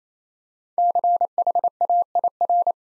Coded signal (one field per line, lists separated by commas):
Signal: Morse code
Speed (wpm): 27 wpm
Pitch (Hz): 700 Hz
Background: none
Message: CHAIR